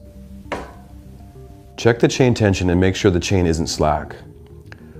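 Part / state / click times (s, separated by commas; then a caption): chain connecting link joining bicycle chain ends / seated / 0.5 s. With the rear brake applied, the crank arm of a bike fitted with a SRAM X01 DH groupset is pushed down to tension the chain, and the metal connecting link joining the chain ends snaps shut with one sharp click at 0.5 s. Background music plays throughout, and someone talks from about 1.8 s. The link is seated.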